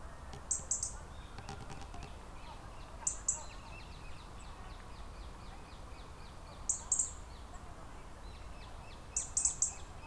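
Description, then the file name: European robin giving short bursts of thin, very high calls every few seconds over steady low background noise. "Erithacus rubecula"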